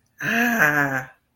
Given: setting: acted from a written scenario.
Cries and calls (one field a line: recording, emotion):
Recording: vocal sound without words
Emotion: desire